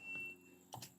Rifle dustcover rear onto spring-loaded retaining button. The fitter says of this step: and sit it until you hear that click.